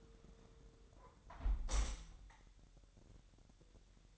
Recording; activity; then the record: daily activity, microphone in the room; close window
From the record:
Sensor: 3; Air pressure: 999.9 hPa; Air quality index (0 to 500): 223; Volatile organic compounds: 89 ppm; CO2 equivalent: 3677 ppm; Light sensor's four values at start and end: 10/23/9/9 and 9/22/9/9